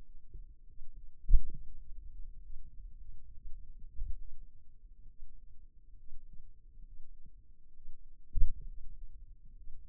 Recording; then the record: forearm muscle sounds (acoustic myography)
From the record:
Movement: finger pinch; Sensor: system 2, bracelet of six BSWA MPA416 microphones around the upper forearm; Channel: 5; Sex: male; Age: 22 years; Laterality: right